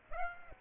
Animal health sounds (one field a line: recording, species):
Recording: mosquito wingbeat signal from an infrared sensor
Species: Aedes aegypti